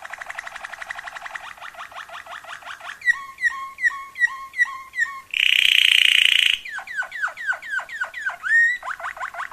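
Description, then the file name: Waterslager canary singing a quick trill, then evenly spaced bubbling two-toned notes, a loud harsh buzzing burst about a second long, and falling slurred notes. Song variations. "kenari waterslager variasi omkicau"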